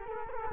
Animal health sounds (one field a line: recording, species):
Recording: mosquito wingbeat signal from an infrared sensor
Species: Culex quinquefasciatus